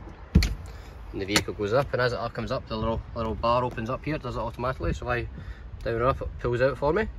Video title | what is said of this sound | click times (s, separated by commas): 2019 Landcruiser VX | you can do it from here or from here and it'll release and | 0.3 s, 0.4 s